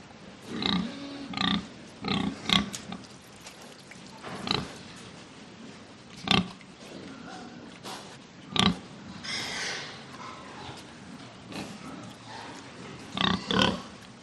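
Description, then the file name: Pig grunting and squealing in short harsh bursts, roughly every one to three seconds, with a longer noisy squeal near ten seconds over steady background hiss. "audio hero Pig"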